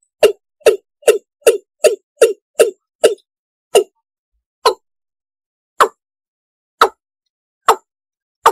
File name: tieng ga dong